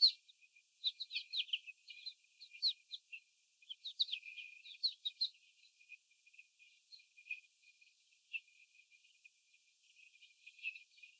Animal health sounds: young laying hens in a cage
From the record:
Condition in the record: after the stressor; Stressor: sudden umbrella opening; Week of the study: 3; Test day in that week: 2

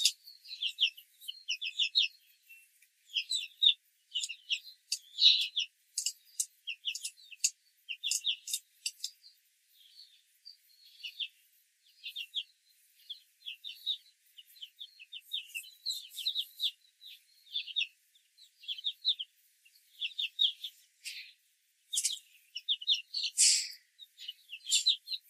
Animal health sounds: young laying hens in a cage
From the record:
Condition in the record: control cage, after the stress test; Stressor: none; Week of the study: 4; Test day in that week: 1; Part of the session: 1

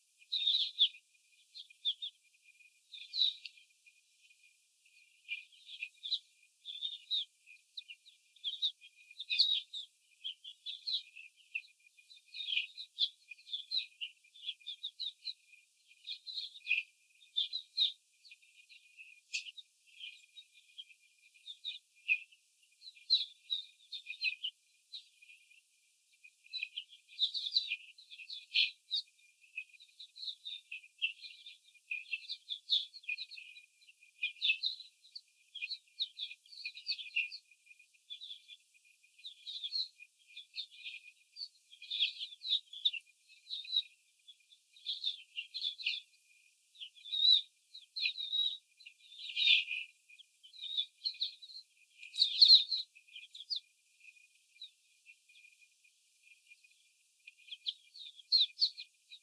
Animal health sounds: young laying hens in a cage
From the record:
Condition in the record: before the stressor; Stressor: simulated dog barking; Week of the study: 4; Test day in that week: 3

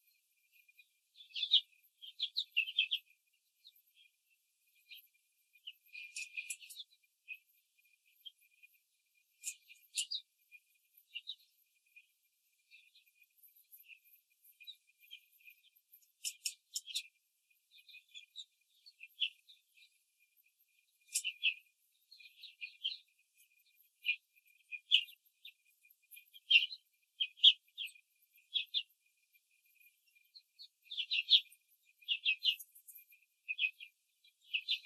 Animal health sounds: young laying hens in a cage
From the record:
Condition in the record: control cage, after the stress test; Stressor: none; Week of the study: 4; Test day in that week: 3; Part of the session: 1

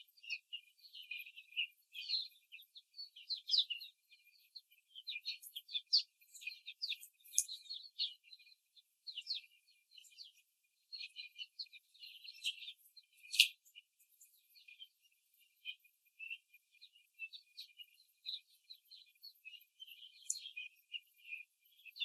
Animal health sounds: young laying hens in a cage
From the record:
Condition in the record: before the stressor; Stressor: simulated dog barking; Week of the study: 3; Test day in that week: 2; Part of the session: 1

